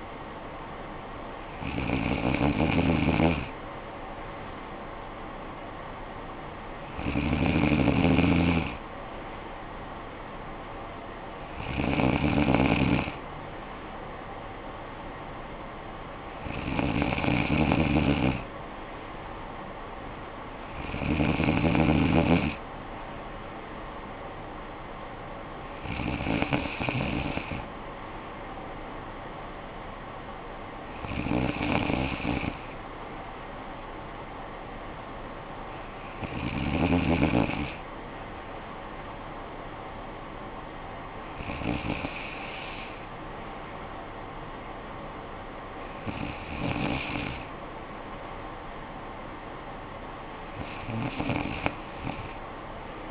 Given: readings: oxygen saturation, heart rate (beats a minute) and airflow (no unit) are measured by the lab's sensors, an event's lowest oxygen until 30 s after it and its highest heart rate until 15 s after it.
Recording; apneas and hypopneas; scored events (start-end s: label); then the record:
breathing in sleep by a voice recorder at the bedside; none
none scored
From the record:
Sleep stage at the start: N2 (light sleep); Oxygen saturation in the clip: 94 to 96%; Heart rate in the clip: 52 to 59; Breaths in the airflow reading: 11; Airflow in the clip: -10.0 to 6.7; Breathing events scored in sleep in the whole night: 445 in 7.6 hours asleep